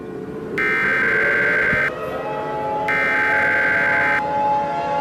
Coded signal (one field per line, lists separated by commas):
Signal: Emergency Alert System (SAME) tones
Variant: header bursts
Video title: Warden's Wrath: Part II: Infection | EAS Scenario #5